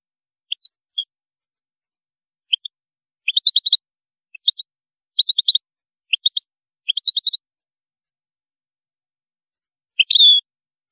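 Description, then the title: European goldfinch giving short, high chirping notes in small clusters, then after a pause a brief buzzy twitter. "Chant Chardonneret"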